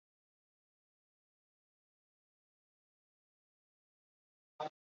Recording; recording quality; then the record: sustained vowel as in boot; poor, much background noise or distortion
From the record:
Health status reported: COVID-19 positive, mild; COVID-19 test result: positive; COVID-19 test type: RT-PCR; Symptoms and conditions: fever, fatigue, muscle pain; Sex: female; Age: 30 years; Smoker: no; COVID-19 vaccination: both doses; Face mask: worn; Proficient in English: no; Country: India